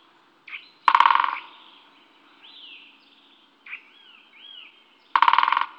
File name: great spotted woodpecker